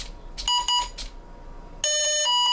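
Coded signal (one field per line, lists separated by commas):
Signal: beep code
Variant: brushless ESC programming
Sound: two short buzzy beeps, pause, then a longer chord-like beep with pulsing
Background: room noise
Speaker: now here's the brake boots so before all four go by and move the throttle down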